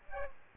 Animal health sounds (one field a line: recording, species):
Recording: mosquito wingbeat signal from an infrared sensor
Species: Aedes aegypti